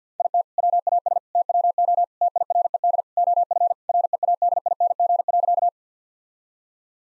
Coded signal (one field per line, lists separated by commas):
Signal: Morse code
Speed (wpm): 50 wpm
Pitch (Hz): 700 Hz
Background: none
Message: IT WAS TWO TIRED OF READING.